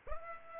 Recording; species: mosquito wingbeat signal from an infrared sensor; Aedes aegypti